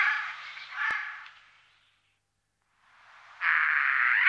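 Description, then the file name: Eurasian jay giving harsh rasping screeches that fade out, a quiet gap, then another loud rasping screech building up to the end. "sojka-obecná"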